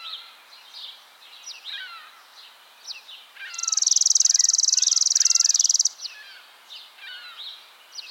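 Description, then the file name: Chipping sparrow song: a single steady rattling trill of high, evenly spaced chips for over two seconds, amid varied whistled and chirped notes from other birds. "Spizella passerina - Chipping Sparrow"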